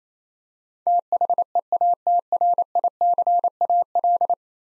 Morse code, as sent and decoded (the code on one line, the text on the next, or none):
- .... . .- - .-. .. -.-. .- .-..
THEATRICAL